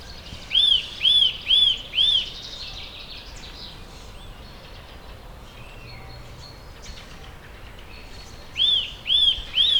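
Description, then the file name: Eurasian nuthatch calling: a quick run of four clear, ringing notes rising and falling in pitch, about half a second apart, then three more after a pause, over faint bird chatter. "Sitta europaea"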